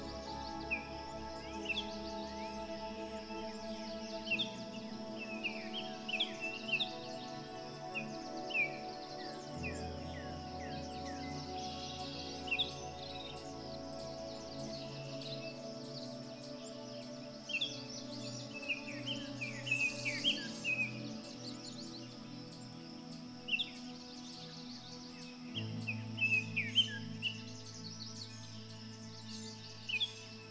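Birds chirp throughout over soft, sustained music, their short bright calls coming in frequent clusters. The music holds long steady tones with a low bass note that shifts every few seconds, while the birdsong stays high and busy on top.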